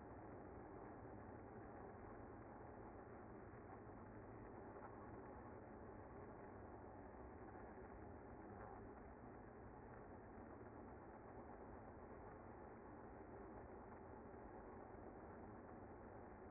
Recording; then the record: honeybee colony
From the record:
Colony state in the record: active